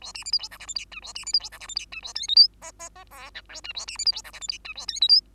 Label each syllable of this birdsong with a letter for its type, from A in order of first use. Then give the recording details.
A B C D E F G H I J A B C D E F G H I J A K L M N N N O P Q J A B C D E F G H I J A K L M. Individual Bird2